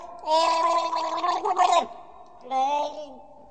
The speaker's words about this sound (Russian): Не видит царь потопления, и воды нигде нету, а видит отставной солдат, тонет, захлебывается, и ртом воздух поверху хватает.